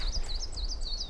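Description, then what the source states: Coal tit song: quick, high two-note phrases repeated several times in rapid succession over a faint low rumble. Coal tit at the very top of a spruce in a forest, end of March.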